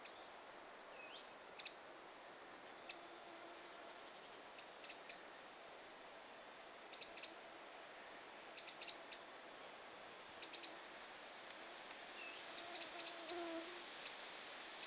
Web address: 9 8 2026 peukaloinen pesue emo ja ainakin viisi poikasta